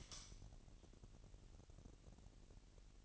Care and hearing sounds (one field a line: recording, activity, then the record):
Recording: daily activity, microphone in the room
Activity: light on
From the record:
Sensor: 4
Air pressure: 1002.7 hPa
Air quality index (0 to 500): 249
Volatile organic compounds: 18 ppm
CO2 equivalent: 2603 ppm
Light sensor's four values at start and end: 6/13/5/5 and 7/16/6/6